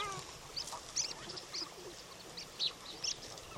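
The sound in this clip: Bird calls: several thin, high chirps at irregular intervals, faint over a steady background hiss.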